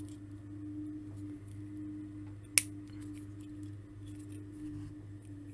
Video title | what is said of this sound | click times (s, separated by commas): Playmobil 70302 Gladiator Review and Unboxing | and you snap those to his arms. | 2.6 s